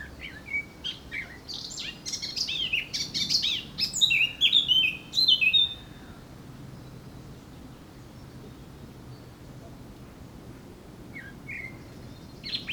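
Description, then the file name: Eurasian blackcap warbling a fast phrase ending in loud descending whistles, followed by a long quiet stretch with a couple of faint notes; steady low background noise. "Sylvia atricapilla"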